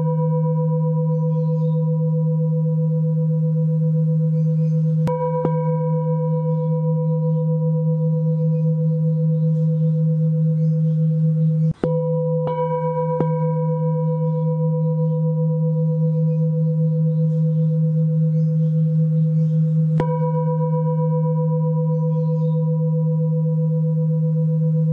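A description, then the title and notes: A singing bowl rings with a steady, low hum and a clear higher tone held throughout. Faint taps or clicks mark small changes at about 5, 12 to 13, and 20 seconds, with a brief dip near 12 seconds before the ringing continues. Pure bowl sound, hypnotic bowl sound therapy.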